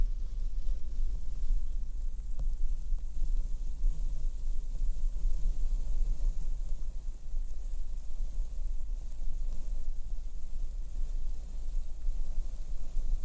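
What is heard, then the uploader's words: Slow blowing and brushing on a microphone makes a steady, heavy low rumble with faint hiss above, a small tap near two seconds. ASMR super slow mic brushing & blowing - bassy, binaural, no makeup.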